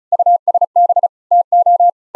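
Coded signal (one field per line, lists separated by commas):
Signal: Morse code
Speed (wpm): 36 wpm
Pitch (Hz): 700 Hz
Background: none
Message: USB TO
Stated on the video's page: Morse generated by the ehoCW Windows program over Mumble voice chat at low latency, recorded from a remote Linux laptop.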